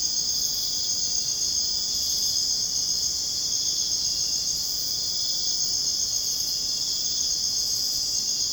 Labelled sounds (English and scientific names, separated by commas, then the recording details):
none
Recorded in dense forest near Puerto Asís, Putumayo, Colombia, on 22 June 2025 at 22:30
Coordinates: 0.486, -76.317
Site G065